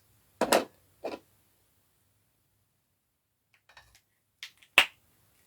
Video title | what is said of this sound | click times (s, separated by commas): Hitting the waves with Genghis Frog | oh yeah that head you hear that that snap | 4.8 s